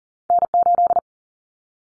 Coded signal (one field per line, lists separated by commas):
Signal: Morse code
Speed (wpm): 40 wpm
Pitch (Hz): 700 Hz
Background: none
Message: N8